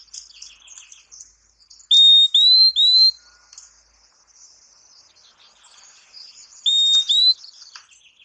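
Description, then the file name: Purple-throated euphonia whistles: a burst of three clear, rising high notes, then a pair of the same later, over faint chattering in the background. "Canto do Fim fim"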